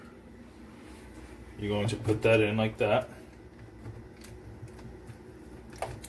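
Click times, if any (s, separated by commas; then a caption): 5.8 s, 6.1 s. A water filter is pushed into its fitting on the faucet adapter housing of a hOmeLabs compact countertop dishwasher (Energy Star portable mini dish washer in stainless steel). Someone talks, then two short clicks are heard at 5.8 s and 6.1 s as the filter locks in place, seated.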